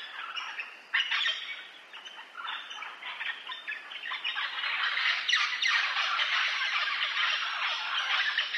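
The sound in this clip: Parrots calling, a continuous mass of harsh squawks and chatter that builds and stays loud through the second half.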